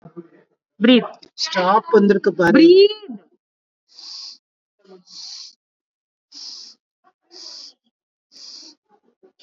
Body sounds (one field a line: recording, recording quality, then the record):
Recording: deep breathing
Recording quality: moderate, slight background noise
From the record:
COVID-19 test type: RT-PCR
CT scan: not taken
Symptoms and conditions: none ticked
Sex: female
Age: 61 years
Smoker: no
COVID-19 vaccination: both doses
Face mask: worn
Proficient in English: yes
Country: India